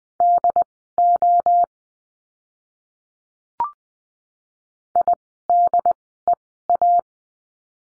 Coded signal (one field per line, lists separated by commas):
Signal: Morse code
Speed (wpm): 20 wpm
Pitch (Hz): 700 Hz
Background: none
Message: DO IDEA